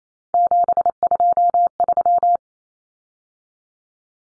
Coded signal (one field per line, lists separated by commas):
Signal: Morse code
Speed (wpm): 28 wpm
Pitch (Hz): 700 Hz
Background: none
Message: 723